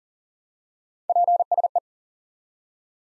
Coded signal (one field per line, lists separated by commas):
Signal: Morse code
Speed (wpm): 37 wpm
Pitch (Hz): 700 Hz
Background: none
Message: PSE